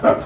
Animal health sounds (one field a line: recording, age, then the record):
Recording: pig call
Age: growing-finishing pig (85 days or more)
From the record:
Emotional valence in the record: positive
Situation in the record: run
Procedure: transit